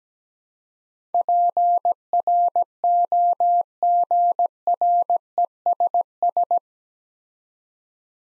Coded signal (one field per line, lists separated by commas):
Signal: Morse code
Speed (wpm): 17 wpm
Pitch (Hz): 700 Hz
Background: none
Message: PROGRESS